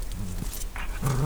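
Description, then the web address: Dog: puppy growling in low, droning tones, a short rumble followed by a stronger, sustained growl at the end, over steady background noise. Puppies growling in a farmyard. "parasztudvar kutya kolykokmorgasa"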